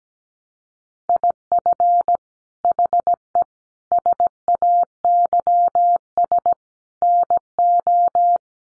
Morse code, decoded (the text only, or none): IF HE SAYS NO